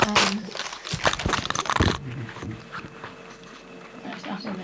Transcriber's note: crackling noise